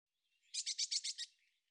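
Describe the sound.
Eurasian blue tit giving a harsh chatter of six quick buzzy notes in a steady series.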